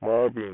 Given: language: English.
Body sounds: throat vibration sensor signal played as sound; speech

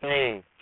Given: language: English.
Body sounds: throat vibration sensor signal played as sound; speech

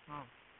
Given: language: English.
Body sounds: throat vibration sensor signal played as sound; speech

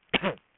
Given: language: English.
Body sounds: throat vibration sensor signal played as sound; cough

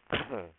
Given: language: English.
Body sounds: throat vibration sensor signal played as sound; cough

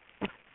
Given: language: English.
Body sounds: throat vibration sensor signal played as sound; cough

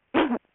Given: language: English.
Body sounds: throat vibration sensor signal played as sound; cough

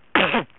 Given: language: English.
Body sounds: throat vibration sensor signal played as sound; cough

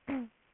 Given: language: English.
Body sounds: throat vibration sensor signal played as sound; throat clearing

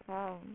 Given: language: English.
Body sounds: throat vibration sensor signal played as sound; speech

